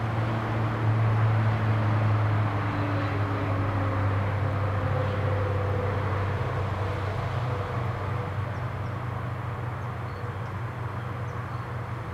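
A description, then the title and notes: Cars travel along a road outdoors, their engines and tyres blending into a steady, dense rumble with no single vehicle standing out. A low engine drone holds strongly through the first half, then eases slightly as traffic continues at a constant level. Ext, Road - Cars Traveling By by Bandeto.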